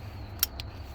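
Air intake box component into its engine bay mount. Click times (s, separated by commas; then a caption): 0.4 s. A stock air box component for a 2011 Chevrolet Silverado is pushed into its mount in the engine bay. It locks into place with a sharp click at 0.4 s, followed by a quieter tick at 0.6 s over a low background hum.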